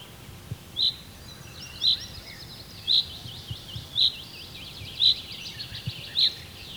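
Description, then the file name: Common chaffinch calling: a short, bright, high note repeated about once a second, six times, over a background of other twittering birds. "Fringilla coelebs"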